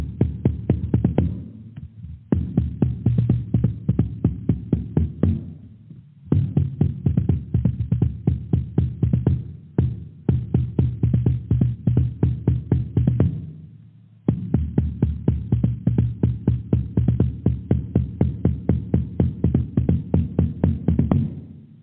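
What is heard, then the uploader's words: Rapid drumming in fast, even strokes runs in long bursts of a few seconds each, separated by brief pauses near 2, 6 and 14 seconds. The hits are low and booming with a steady ringing hum beneath, and there are no other sounds. Drumming: Powerful. Drumming vibrations.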